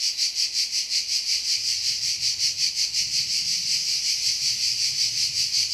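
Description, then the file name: Cicada song, a loud pulsing buzz with evenly spaced beats, roughly three each second. "CHANT CIGALE"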